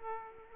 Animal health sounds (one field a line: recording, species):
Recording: mosquito wingbeat signal from an infrared sensor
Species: Aedes aegypti